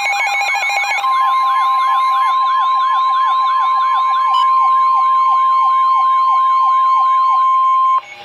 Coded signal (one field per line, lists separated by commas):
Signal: Emergency Alert System (SAME) tones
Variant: 1050 Hz attention tone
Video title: Severe Thunderstorm Warning #3 - 06/12/13 (EAS #446)